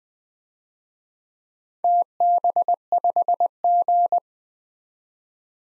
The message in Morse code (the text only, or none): TB5G